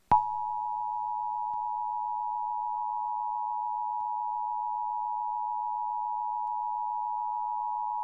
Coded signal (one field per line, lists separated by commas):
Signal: Emergency Alert System (SAME) tones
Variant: 853 and 960 Hz attention tone